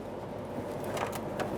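A larger electrical connector with a red locking tab is lined up and pressed toward the fuel pump module of a 2004-2008 Ford F-150 5.4L V8 while the fuel tank is raised close to position. Over a steady low rumble there are faint handling rustles and brief bright scrapes around 1.0 to 1.4 seconds. Nothing has seated or clicked yet.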